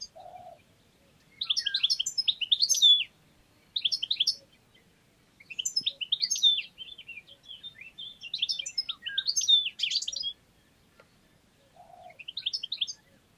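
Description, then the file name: European goldfinch giving bursts of bright, tinkling, twittering notes in phrases of varying length separated by short pauses. "Carduelis carduelis"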